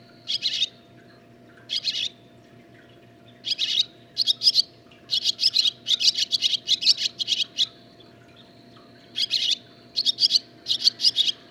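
Barn swallow song, scattered chirps building into a rapid twittering run, a pause, then another burst of quick chirps.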